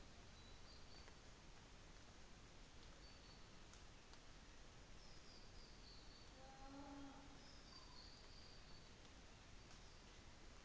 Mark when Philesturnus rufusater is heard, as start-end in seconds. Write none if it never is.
none